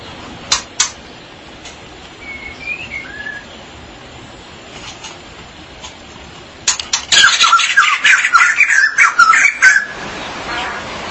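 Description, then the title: Magpie-robin or shama song, a few soft whistled slurs early, then a loud burst of rapid chattering, scratchy notes after several sharp clicks. "Suara Burung Murai"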